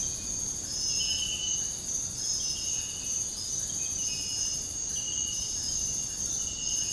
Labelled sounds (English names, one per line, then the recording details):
none
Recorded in secondary vegetation near Puerto Asís, Putumayo, Colombia, on 20 February 2024 at 05:30
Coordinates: 0.468, -76.324
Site G6381